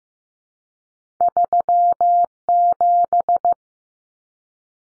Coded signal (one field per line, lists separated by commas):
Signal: Morse code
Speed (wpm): 15 wpm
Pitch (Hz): 700 Hz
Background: none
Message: 37